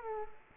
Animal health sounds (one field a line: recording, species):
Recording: mosquito wingbeat signal from an infrared sensor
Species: Culex quinquefasciatus